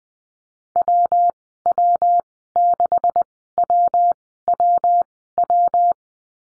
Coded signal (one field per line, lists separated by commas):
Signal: Morse code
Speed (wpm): 20 wpm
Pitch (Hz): 700 Hz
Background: none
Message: WW6WWW